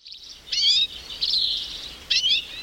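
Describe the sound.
Hoary Redpoll calls: high, buzzy twittering bursts, two louder chattering notes about a second and a half apart with softer trilling between.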